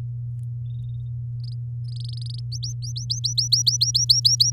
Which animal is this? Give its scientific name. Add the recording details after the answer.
Serinus canaria. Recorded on 10 May 2018 at 13:15. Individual llb16